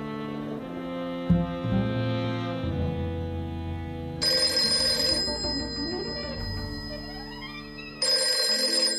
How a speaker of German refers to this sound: Telefon! Susan ist dran!